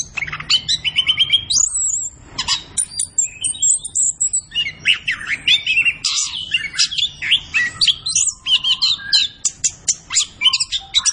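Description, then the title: Orange-headed thrush song of mixed whistles and chattering notes, with a high whistle early on and fast chattering later. Kept songbird singing gacor (vigorously and continuously), used as masteran to train other birds in Indonesian songbird keeping (kicau mania). "Anis Kembang Gacor. Kicau Mania Masteran Anis Kembang"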